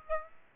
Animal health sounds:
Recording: mosquito wingbeat signal from an infrared sensor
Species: Aedes aegypti

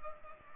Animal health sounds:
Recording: mosquito wingbeat signal from an infrared sensor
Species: Culex pipiens

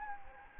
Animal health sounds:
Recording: mosquito wingbeat signal from an infrared sensor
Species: Anopheles gambiae

